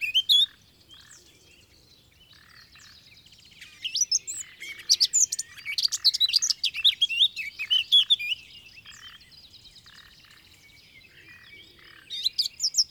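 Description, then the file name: Eurasian blackcap: a brief note, quiet stretch, then a lively warbled phrase of varied whistles lasting several seconds, and another short burst at the end. "Sylvia atricapilla"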